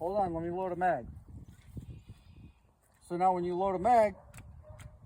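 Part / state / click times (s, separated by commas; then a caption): pistol magazine into pistol grip magazine well / seated / 4.4 s, 4.8 s. Someone talks while a loaded magazine is pushed into a pistol's grip magazine well until the magazine catch locks. Two sharp hits come at 4.4 s and 4.8 s, and it is unclear which one is the latch click. The magazine is confirmed seated.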